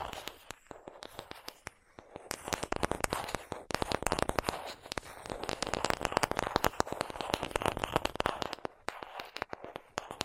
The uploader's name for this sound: Tapping Tingle Immunity Treatment (No Talking)